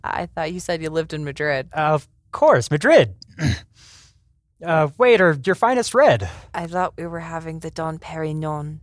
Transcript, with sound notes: I thought you said you lived in Madrid.
Ah, of course. Madrid. [CLEARS THROAT] WAITER! Your finest red!
I thought we were having Dom Perignon.